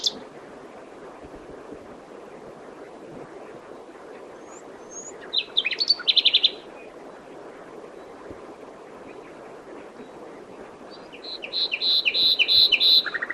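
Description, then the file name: Common nightingale song: a brief chattering phrase midway, then after a pause a rapid rhythmic series of bright repeated notes ending lower. "Luscinia megarhynchos"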